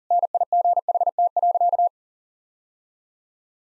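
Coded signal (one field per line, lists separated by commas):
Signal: Morse code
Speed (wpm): 37 wpm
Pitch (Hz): 700 Hz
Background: none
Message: NIGHT.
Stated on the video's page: Morse code practice at 40 wpm: sentences with common three-word phrases, each sent, then spoken, then sent again, first words spoken beforehand as a guide.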